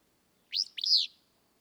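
Willow flycatcher singing one quick, raspy two-note phrase, the second part longer and buzzier than the first.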